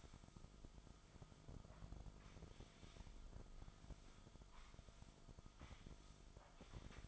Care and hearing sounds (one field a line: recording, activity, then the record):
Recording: daily activity, microphone in the room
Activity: sweep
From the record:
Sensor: 5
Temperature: 24.0 degrees Celsius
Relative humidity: 36.6%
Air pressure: 1004.8 hPa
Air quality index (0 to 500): 95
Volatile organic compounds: 2 ppm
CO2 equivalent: 1146 ppm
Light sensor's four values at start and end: 34/80/32/31 and 34/79/32/31